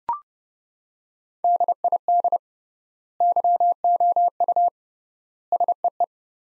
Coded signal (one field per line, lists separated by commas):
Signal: Morse code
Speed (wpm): 30 wpm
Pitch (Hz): 700 Hz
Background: none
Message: DID YOU SEE